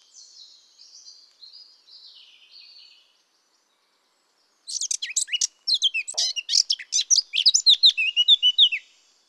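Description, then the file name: Eurasian blackcap song: a soft, high chattering warble for three seconds, a short pause, then a loud, fast burst of varied scratchy and fluty notes lasting about four seconds. "Sylvia atricapilla"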